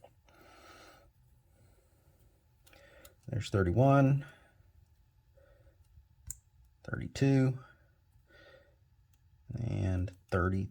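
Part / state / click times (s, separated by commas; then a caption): wire terminal into radio connector housing / seated / 6.3 s. A crimped wire terminal is pushed into pin cavity 32 of a plastic 4th Gen Ram radio connector housing for backup camera wiring. Someone talks between quiet, faint handling sounds. A sharp click at 6.3 s marks the terminal seating home in the housing.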